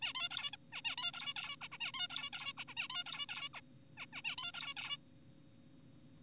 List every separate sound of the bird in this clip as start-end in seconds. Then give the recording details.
0.02-0.13, 0.15-0.29, 0.31-0.51, 0.53-0.57, 0.73-0.81, 0.85-0.96, 0.98-1.12, 1.14-1.34, 1.36-1.56, 1.61-1.68, 1.72-1.78, 1.81-1.92, 1.94-2.07, 2.10-2.30, 2.33-2.53, 2.58-2.65, 2.68-2.75, 2.77-2.88, 2.90-3.04, 3.06-3.26, 3.29-3.49, 3.54-3.61, 3.97-4.06, 4.13-4.22, 4.25-4.36, 4.38-4.52, 4.54-4.74, 4.77-4.97. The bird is an adult. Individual g4p5U